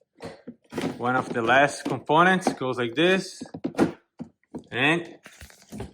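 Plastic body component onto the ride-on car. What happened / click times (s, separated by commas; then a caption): Handled, not yet home: no seating click yet / none. Someone talks while one of the last plastic body components is handled and pushed onto the body of a LIGIANT OP70 ride-on UTV car, with a few light, brief handling thunks around 4.2–4.6 s. Nothing has seated or clicked into place yet.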